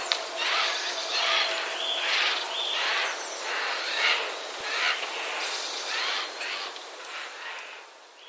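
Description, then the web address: Eurasian jay giving harsh, rasping chatter in a run of noisy bursts, roughly one every second, over a steady hiss of background noise. Jay chatter, recorded 31 March 2013. "wroblowe kolekcja szczebiotsojek 31 03 2013"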